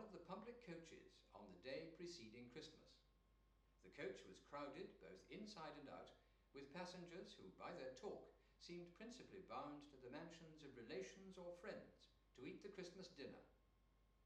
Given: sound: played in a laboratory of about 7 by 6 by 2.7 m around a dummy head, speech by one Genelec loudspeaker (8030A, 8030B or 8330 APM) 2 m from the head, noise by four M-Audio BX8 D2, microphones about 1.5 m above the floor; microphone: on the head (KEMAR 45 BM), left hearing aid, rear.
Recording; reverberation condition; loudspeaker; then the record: male speech in English; medium; 30 degrees to the left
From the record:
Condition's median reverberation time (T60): about 510 ms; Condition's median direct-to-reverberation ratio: about -0.5 dB